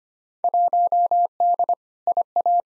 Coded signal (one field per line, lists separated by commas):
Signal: Morse code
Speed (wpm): 25 wpm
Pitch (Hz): 700 Hz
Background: none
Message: 1D IA